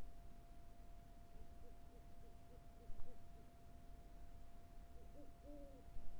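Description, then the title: Owl calls: a run of quick, soft, evenly spaced hoots, then a pause and two fuller hoots, the last one held, against low background rumble and a thin steady hum. Recorded on the Carrizo Plain. "neoscenes: Carrizo Plains owl"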